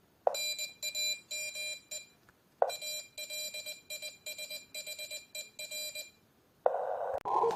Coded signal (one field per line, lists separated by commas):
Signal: Morse code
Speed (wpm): 20 wpm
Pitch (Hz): 2400 Hz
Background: none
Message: NAM ALISHER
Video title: Radiomayak uSDX transiver 3wt quvvat bilan morse(CW) #радиолюбителей #радиомаяк #хоразм